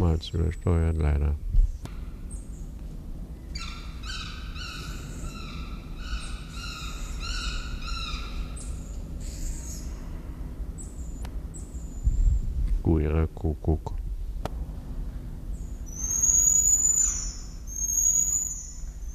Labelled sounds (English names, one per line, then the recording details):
Common Marmoset
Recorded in captivity
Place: Zoo Berlin, Berlin, DE
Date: 1994-01-14 10:27
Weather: -1°C, heiter
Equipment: Marantz CP 430, Sennheiser ME 80, Kopie Uher Variocord 263
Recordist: Tembrock, Günter